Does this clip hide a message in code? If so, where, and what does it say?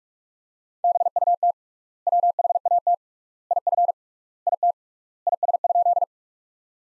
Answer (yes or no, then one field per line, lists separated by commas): yes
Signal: Morse code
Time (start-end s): 0.8-6.0 s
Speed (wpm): 47 wpm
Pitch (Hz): 700 Hz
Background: none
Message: BUT WHAT IF IT IS?